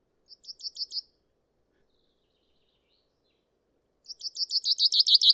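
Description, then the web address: Common chaffinch: a short burst of high repeated notes, a pause of about three seconds, then a longer, louder series of repeated notes that is cut off. "Deverinetal 2025 File origin Bird Only Fr Co"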